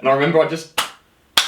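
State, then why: Seated. Someone talks, then a battery pack is slapped by hand into the handle housing of a Paslode gas framing nailer, punched down the way it used to be done. A sharp impact at 1.4 s is heard as the battery's latch tag seats in the housing, and the battery is in place.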